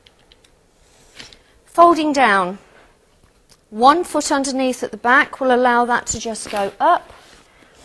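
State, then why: Not seated. Someone talks while handling the fold mechanism of a Maclaren Techno XLR pushchair frame, with one foot placed underneath at the back as folding begins, and a few faint ticks are heard early on. Nothing has clicked or seated yet.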